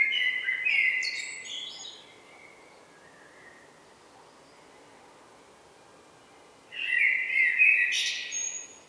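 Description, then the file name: Common blackbird singing: a low fluted warble that breaks into a high squeaky twitter, then a long pause before a second phrase near the end. "Turdus merula"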